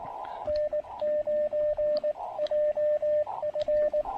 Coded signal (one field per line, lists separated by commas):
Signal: Morse code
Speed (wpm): 22 wpm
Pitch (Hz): 600 Hz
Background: radio noise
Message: N9 JF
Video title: QRP & Tea: Pairing the Elecraft KX2 & AX1 under shelter at Tuttle Educational State Forest